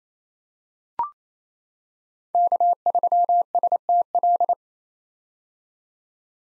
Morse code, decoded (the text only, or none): K3STL